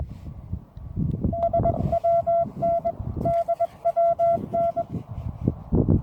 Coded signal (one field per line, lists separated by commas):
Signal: Morse code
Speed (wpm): 20 wpm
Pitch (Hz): 680 Hz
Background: none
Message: SWN DWN